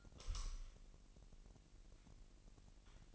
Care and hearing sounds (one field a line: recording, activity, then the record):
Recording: daily activity, microphone in the room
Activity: light on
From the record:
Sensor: 4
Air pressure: 1002.7 hPa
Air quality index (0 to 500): 250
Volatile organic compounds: 13 ppm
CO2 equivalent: 2425 ppm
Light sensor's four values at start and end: 6/14/5/6 and 7/16/6/7